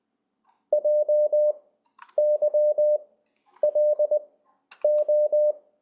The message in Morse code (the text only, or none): JYLO